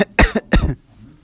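Two short, harsh cough bursts come in quick succession within about a second, each with a sharp explosive onset and a rough, low-pitched tail. Quiet room tone follows. A plain adult cough.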